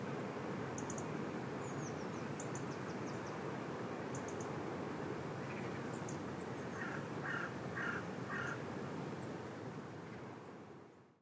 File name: Corvus corone